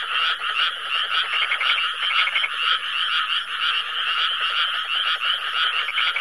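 Frogs calling in a dense chorus, overlapping rapid croaks and trills forming a continuous pulsing wall of sound.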